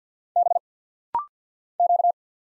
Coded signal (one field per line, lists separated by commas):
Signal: Morse code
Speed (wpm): 48 wpm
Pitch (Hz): 700 Hz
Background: none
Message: B Q